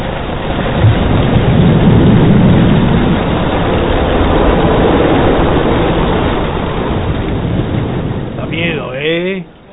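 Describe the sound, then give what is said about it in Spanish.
Loud, steady roar of crashing sea waves, a dense rumbling wash that swells and holds for several seconds before easing; a voice begins speaking briefly at the very end. “voy a bajar un poquito el mar porque os vais a marear, un poquito, he bajado así un poquito el mar, no vaya a ser que os mareéis, luego lo pongo un poquito más el mar, ¿para qué no?”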